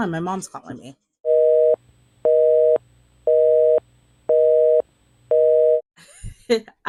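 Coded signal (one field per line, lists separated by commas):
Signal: telephone call progress tone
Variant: North America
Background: speech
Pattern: busy tone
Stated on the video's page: Phone dial tone taken from the iMovie editor.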